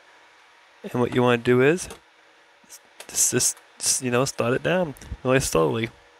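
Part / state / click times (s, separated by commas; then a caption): detachable controller into handheld game console side rail / not seated / none. A detachable Joy-Con controller is started slowly down the side rail of a Nintendo Switch handheld game console while someone talks. Nothing has seated or clicked yet.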